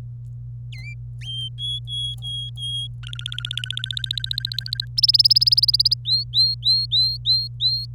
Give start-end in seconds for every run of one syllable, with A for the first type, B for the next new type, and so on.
0.72-0.93 A, 1.58-2.87 B, 3.03-4.85 C, 4.98-5.94 D, 6.05-7.86 E